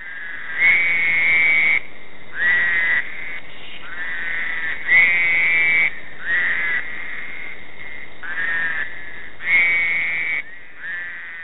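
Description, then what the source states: Fowler's toad calls: short, nasal, buzzy wails repeated several times with short pauses between them. Crying-like call, recorded along the James River near Howardsville, Virginia, on an evening in July 2009.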